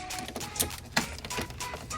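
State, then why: Not seated. A push-to-start kit part is pushed into a hole drilled out in an interior panel of the car, with rustling, handling noises and a sharp tap near 0.97 s over a steady background hum. It goes in but does not lock in place, and nothing has clicked or seated.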